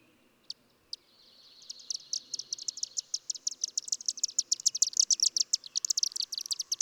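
Bird song: two sharp high notes, then a rapid series of very high ticking notes that speeds up and grows louder into a fast, dry trill.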